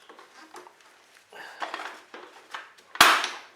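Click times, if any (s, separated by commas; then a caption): 3.0 s. The grass catcher, with its rod inserted, is hooked back onto the rear of an Ozito PXCPM-018 cordless lawn mower and pushed home. Soft plastic knocks and rustles build up, then a loud sharp click at 3.0 seconds shows the catcher seating onto the mower.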